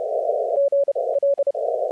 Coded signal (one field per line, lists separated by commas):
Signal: Morse code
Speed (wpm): 32 wpm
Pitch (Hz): 560 Hz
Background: none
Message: GL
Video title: 30 wpm QSO w/ W4YES 3-20-2025 #cw #morsecode #morse #potababe #qrq #hamradio #qrp #qso #skcc #licw